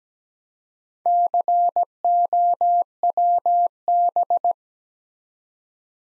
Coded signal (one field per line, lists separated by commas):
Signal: Morse code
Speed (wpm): 17 wpm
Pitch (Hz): 700 Hz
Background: none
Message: COWB